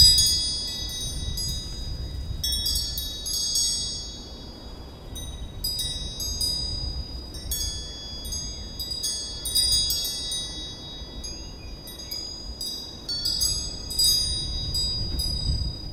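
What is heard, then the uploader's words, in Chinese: Wind chimes ring in a spring breeze over a field, their bright, high tones tinkling in irregular clusters throughout, busiest around the middle and again near the end. Underneath, a low, uneven rumble of wind swells and fades continuously. 田野、春风、风铃，听见春的声音。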